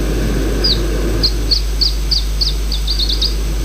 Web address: iberian chiffchaff